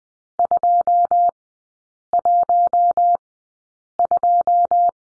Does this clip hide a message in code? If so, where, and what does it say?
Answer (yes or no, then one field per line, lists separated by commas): yes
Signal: Morse code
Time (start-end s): 0.4-4.9 s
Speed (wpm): 20 wpm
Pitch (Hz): 700 Hz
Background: none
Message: 212